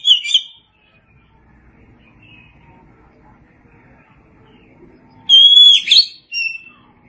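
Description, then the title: Oriental magpie-robin song: a brief whistled burst, a long quiet gap, then a clear whistle with rich warbling and a short final note. "Suara Kicauan Burung Kacer"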